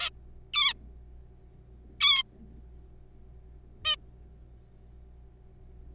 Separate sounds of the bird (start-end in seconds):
0.01-0.10, 0.54-0.74, 2.01-2.23, 3.85-3.96